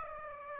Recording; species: mosquito wingbeat signal from an infrared sensor; Aedes aegypti